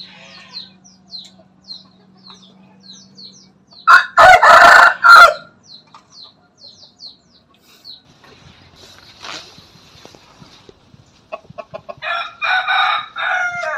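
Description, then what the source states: Chicken: rooster crowing, a loud harsh crow near the start and another late, with small birds chirping and a steady low hum early on. Bangkok rooster crowing.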